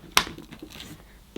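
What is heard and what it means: A hose connector for above-floor cleaning is pushed, button facing forward, into the port under a lifted flap on a Bissell Revolution HydroSteam carpet washer. A sharp click at 0.2 s confirms it has seated, followed by faint handling noises and a soft knock near the end.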